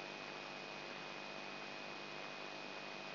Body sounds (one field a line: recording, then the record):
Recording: brain microelectrode recording played as sound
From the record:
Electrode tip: inside the subthalamic nucleus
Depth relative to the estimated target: -2 mm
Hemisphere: left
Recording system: AlphaMap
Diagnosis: Parkinson's disease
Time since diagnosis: 9 years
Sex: male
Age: 58 years